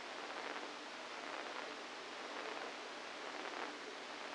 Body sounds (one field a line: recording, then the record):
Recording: brain microelectrode recording played as sound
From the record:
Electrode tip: inside the subthalamic nucleus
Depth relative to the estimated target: -4 mm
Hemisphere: right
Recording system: NeuroSet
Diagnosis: Parkinson's disease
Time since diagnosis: 7 years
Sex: female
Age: 68 years